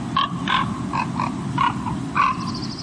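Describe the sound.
Common raven giving several short, knocking notes in a series over background noise.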